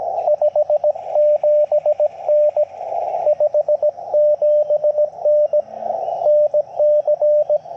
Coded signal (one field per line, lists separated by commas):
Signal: Morse code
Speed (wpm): 19 wpm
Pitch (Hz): 600 Hz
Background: radio noise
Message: 57N 57N NC